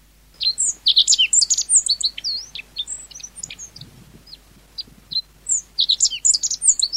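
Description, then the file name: Meadow bunting calls: energetic bursts of high, thin chirps and curved slurred notes, softer in the middle, then loud again. Recorded 10 May 1991. "10 05 91 Ecioides IIIb"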